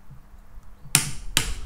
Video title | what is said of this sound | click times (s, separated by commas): Beretta BRX1 straight-pull, switch-barrel rifle Part 2 | the torque wrench will click you'll hear it click | 0.9 s, 1.4 s